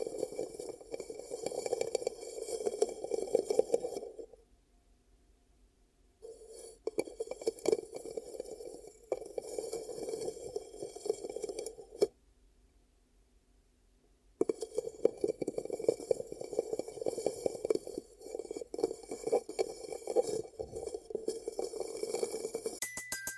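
Ear cupping sounds come in muffled, dense rubbing bursts, dull and low with a soft crackle, separated by short silences near 4 and 12 seconds. A long continuous stretch fills the second half, and a thin high whine hangs faintly underneath throughout.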